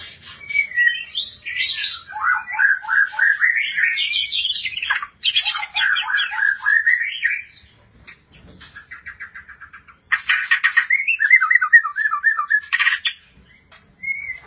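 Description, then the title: White-rumped shama song: bouncing whistled phrases and rapid rattling trills, broken by a soft series of quick repeated notes, then another loud burst of varied warbling. "Kicau Murai Batu"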